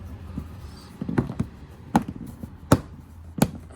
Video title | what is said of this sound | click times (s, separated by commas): How to Remove & Install Reverse Light Bulbs - 2005 Subaru Outback Wagon | Just push it until it clips in. | 2.0 s, 2.7 s, 3.4 s